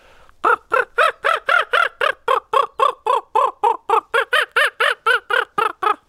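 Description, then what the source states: Common Raven calling in a fast, steady series of hoarse, harmonic-rich notes, roughly four per second, each note rising then falling, kept up for over five seconds. A call type given when two individuals chase each other.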